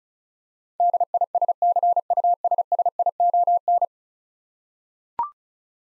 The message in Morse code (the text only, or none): DISCUSSION